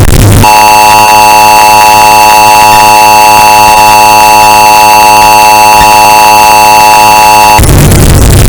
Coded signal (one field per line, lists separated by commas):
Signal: Emergency Alert System (SAME) tones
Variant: 853 and 960 Hz attention tone